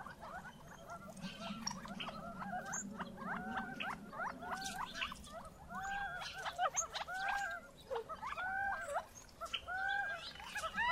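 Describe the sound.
Gambel's quail chatter: a quick, steady stream of short nasal harmonic notes, overlapping and repeated throughout, with a low hum beneath.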